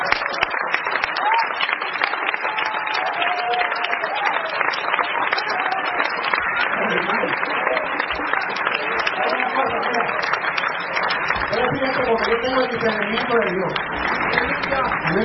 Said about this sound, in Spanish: Dale un aplauso a Cristo por lo que han pasado.